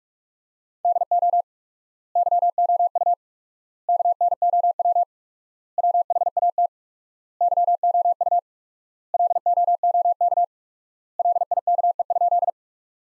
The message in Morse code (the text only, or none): DO YOU KNOW WHAT YOU LOOK LIKE?